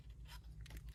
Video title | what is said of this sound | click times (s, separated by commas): I'm Not Sad Anymore 🔥 (Ninjago Legacy Kai Fighter) | and then it kind of snaps into place i think yeah so that is the original | 0.7 s